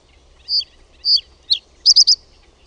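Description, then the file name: Reed bunting phrase of spaced sharp notes, then a quick triplet of high chips, in quiet surroundings. "PAJUSIRKKU"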